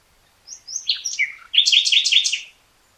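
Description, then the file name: Common nightingale singing: a few clear whistled notes and short chirps, then a fast run of repeated rich, rattling notes lasting about a second. "Luscinia megarhynchos"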